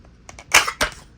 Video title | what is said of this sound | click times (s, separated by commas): Off Grid Knives: Caiman XXL | you hear another loud click. | 0.8 s